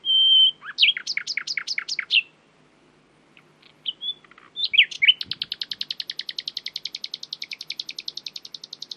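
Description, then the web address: Common nightingale song: a pure whistled note, a quick series of repeated phrases, a pause, then a long fast trill of repeated notes. "owen Common Nightingale (Luscinia megarhynchos)"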